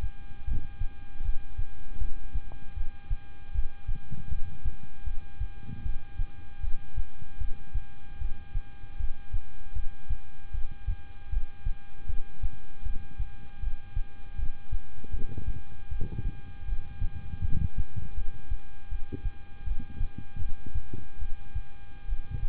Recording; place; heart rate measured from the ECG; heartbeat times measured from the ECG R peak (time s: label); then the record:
heart sounds by stethoscope; between the tricuspid and mitral areas; 78 bpm
0.45 s: heartbeat
1.22 s: heartbeat
1.98 s: heartbeat
2.74 s: heartbeat
3.52 s: heartbeat
4.29 s: heartbeat
5.04 s: heartbeat
5.83 s: heartbeat
6.61 s: heartbeat
7.38 s: heartbeat
8.18 s: heartbeat
8.97 s: heartbeat
9.73 s: heartbeat
10.51 s: heartbeat
11.30 s: heartbeat
12.06 s: heartbeat
12.83 s: heartbeat
13.60 s: heartbeat
14.36 s: heartbeat
15.11 s: heartbeat
15.89 s: heartbeat
16.65 s: heartbeat
17.41 s: heartbeat
18.15 s: heartbeat
18.89 s: heartbeat
19.64 s: heartbeat
20.39 s: heartbeat
21.19 s: heartbeat
22.06 s: heartbeat
From the record:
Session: rest, lying down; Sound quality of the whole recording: good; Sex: male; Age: 26 years